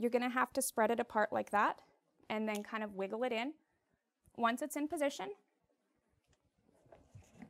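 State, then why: Not seated. Someone talks about spreading a car seat's rigid LATCH connectors apart and wiggling them toward the vehicle's lower anchor bars, then faint handling noises follow with two small sharp ticks near 6.9 s and 7.4 s. The connectors are only being handled here, and nothing has seated or clicked yet.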